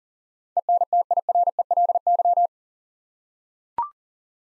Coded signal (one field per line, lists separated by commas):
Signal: Morse code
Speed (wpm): 44 wpm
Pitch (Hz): 700 Hz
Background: none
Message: ENTIRELY